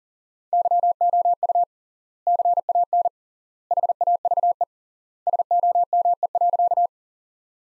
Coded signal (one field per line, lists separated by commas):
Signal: Morse code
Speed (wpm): 40 wpm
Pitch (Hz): 700 Hz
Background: none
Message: YOU CAN HAVE SOME.